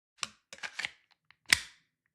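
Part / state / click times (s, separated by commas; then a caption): handgun into Kydex holster / seated / 1.5 s. A handgun is pushed into a rigid Eclipse Kydex holster with positive retention, with several short clacks and scrapes from about 0.2 to 0.9 s. It snaps home with a sharp, loud click at 1.5 s. The gun is seated and held so it won't fall out when the holster is tipped upside down.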